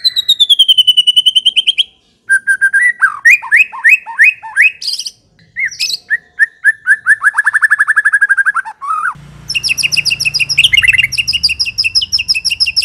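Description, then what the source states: White-rumped shama song, loud and varied: a sliding whistle, then rapid runs of rising chirps, a long fast trill, and a closing burst of high ringing notes with a low hum. Lure recording (pancingan) of an aggressive (galak) shama, meant to provoke a bird.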